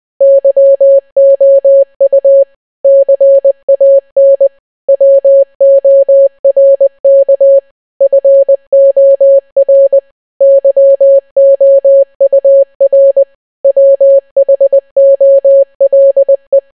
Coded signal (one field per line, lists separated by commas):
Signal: Morse code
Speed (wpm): 20 wpm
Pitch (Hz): 550 Hz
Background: none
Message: YOU CAN WORK FOR YOUR WHOLE